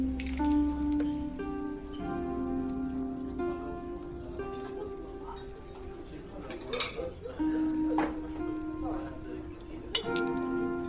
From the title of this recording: Fantasy fairy cafe asmr ambience